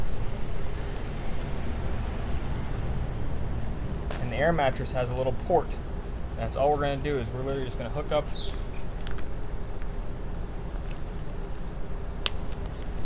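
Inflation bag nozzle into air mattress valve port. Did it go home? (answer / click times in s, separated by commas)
yes / 12.3 s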